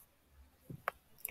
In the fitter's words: align and press down on the back cover until it snaps into place